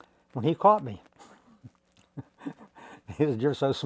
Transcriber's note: chuckles